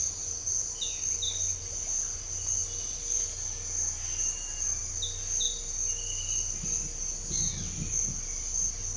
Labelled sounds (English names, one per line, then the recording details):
none
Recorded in secondary vegetation near Puerto Asís, Putumayo, Colombia, on 21 December 2024 at 06:30
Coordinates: 0.498, -76.327
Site GP07